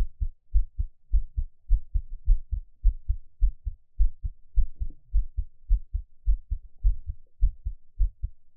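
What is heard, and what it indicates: Soft, low thumps come in steady paired beats at roughly 100 a minute with an even rhythm and no talking. These are ordinary adult heart sounds, heard up close as a relaxing Taiwanese ASMR heartbeat track meant for headphones.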